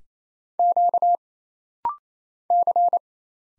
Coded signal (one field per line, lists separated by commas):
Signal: Morse code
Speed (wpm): 27 wpm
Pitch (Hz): 700 Hz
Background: none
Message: Q C